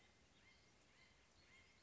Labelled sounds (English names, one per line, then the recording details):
Acorn Woodpecker
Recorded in Sonoma County, California